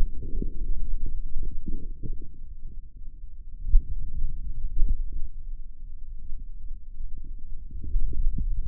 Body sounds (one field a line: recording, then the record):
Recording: forearm muscle sounds (acoustic myography)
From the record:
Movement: pen grasping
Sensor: system 2, bracelet of six BSWA MPA416 microphones around the upper forearm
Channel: 4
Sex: male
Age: 22 years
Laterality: right